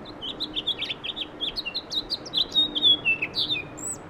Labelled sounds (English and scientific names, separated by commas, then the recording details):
House Finch (Haemorhous mexicanus) song
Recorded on Long Island, New York, on 17 May 2012
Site AB
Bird B